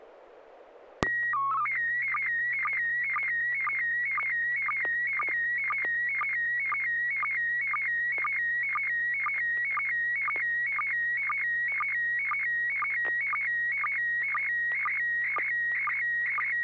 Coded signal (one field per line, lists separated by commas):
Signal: SSTV (slow-scan television)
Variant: PD 120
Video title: N6NA SSTV Net - 12/25/2024